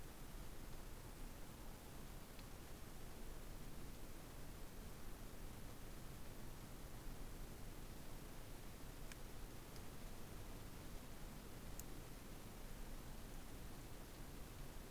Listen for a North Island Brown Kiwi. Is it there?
no